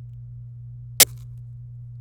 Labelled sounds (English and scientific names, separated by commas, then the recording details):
Domestic Canary (Serinus canaria) song
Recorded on 26 April 2018 at 15:02
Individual llb3